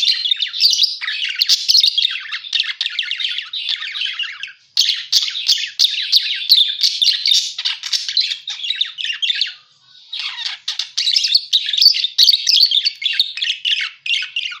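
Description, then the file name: Parakeet chatter: long streams of buzzy, chirpy warbling with two brief breaks, steady and busy throughout. Lure sound used to attract and catch parakeets. "pancingan suara burung parkit"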